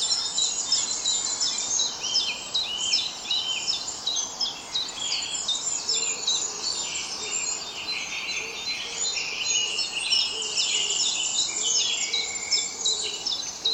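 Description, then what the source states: Birds chorusing densely, countless high chirps, whistles and trills layered without pause, over a constant low hiss. Dawn chorus at dawn.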